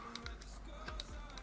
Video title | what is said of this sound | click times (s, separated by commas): Hawkeye Little Pilot VR - Review Test Démo - Quelle bonne surprise !!! | on vient pousser tout simplement jusqu'à ce qu'ils se clipse dans le fond et | 1.0 s